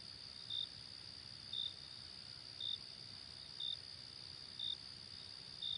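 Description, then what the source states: Cricket chirps, high pulses about a second apart over a continuous high insect trill. Night ambience.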